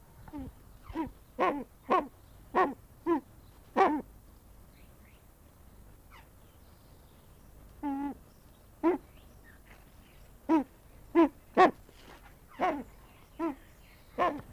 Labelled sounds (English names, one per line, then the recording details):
Brown Eared Pheasant call
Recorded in captivity
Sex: male
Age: adult
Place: Tierpark Berlin, Berlin, DE
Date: 1998-03-28 10:35
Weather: bedeckt, ca. 10°C
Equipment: Nagra SN, Kopie Uher 4000 Report Monitor
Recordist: Tembrock, Günter
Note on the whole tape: Männchen: Laute am Gitter (auf rote Mikrofonkappe bezogen). Teilweise sehr gute Aufnahmequalität